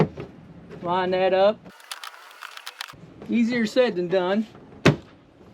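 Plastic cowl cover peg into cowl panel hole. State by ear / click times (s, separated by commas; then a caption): seated / 4.9 s. While working on a 2005-2014 Ford Mustang, a plastic cowl cover is lined up so its peg goes into the hole on the other cowl piece, then pushed down, as someone talks. Light rattling and tapping come before one sharp, loud hit at 4.9 s as the peg pops into place and seats.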